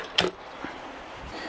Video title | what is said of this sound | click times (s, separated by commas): Test vélo électrique pliant OneSport OT16 | et là ça a l'air d'être le même système ça se verrouille comme ça | 0.2 s